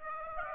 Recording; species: mosquito wingbeat signal from an infrared sensor; Aedes aegypti